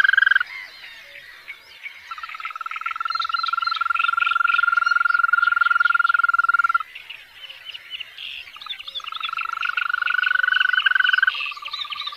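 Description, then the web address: European green toad trilling in long, steady bursts of several seconds, with a second toad overlapping at a slightly higher pitch. "Tajemnice puszczy Ropucvha zielona"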